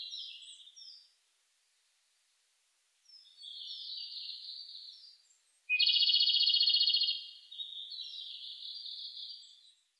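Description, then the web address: Japanese robin singing: soft high whistled phrases, a pause, another whistled phrase, then a loud fast rattling trill for over a second, followed by quieter trailing notes. Recorded 23 July 2006. "2006 060723 komadori"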